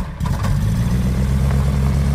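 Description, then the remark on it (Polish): A gyroplane's Aerotax four-cylinder engine, driving a pusher propeller, catches abruptly after a brief pause, then settles into a loud, steady, low rumbling drone with a rapid pulsing throb and no voices. “Mamy silnik Aerotax 4-cylindrowy, który napędza całe urządzenie.”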